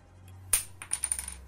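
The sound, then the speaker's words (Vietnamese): A pen drops onto a desk with a sharp click at first, then bounces and rattles through several quicker, lighter taps before settling. Quiet background, no voices. “Cây bút vừa khẽ rơi xuống mặt bàn”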